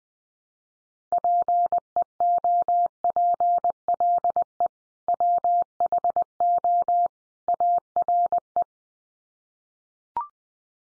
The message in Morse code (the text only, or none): PEOPLE WHO ARE